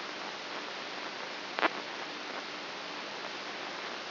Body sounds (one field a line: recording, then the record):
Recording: brain microelectrode recording played as sound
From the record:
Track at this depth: inside the subthalamic nucleus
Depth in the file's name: 3.24 mm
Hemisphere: right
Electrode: 2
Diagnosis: Parkinson's disease